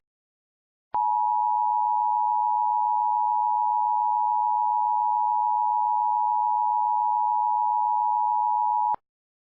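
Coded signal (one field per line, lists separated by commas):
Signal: Emergency Alert System (SAME) tones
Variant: 853 and 960 Hz attention tone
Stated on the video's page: Mock EAS severe thunderstorm warning made with valid EAS tones.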